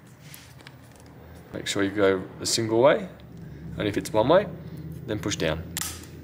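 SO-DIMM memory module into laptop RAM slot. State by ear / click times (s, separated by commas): seated / 5.8 s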